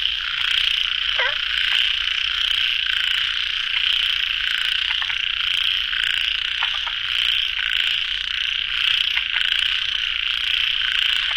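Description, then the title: Frog chorus of steady two-pitched trilling, with a short lower squeak early on and several sharp clicks later. Frogs calling at a pond late at night; recorded in the field by the recordist. "深夜水塘蛙声伴你入眠 ［声谷］"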